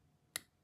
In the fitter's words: and it has a little click